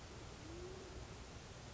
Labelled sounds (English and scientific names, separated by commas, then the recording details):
Band-tailed Pigeon (Patagioenas fasciata)
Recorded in Sonoma County, California